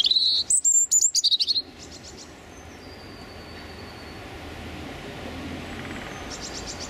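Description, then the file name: European robin song: a short burst of high, sweet warbled notes and a quick trill lasting under two seconds, then quiet with faint thin notes in the background. Male singing his territorial song. "European Robin Erithacus rubecula male singing his territorial song"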